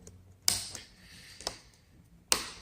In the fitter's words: clicking, clicking. And we're on.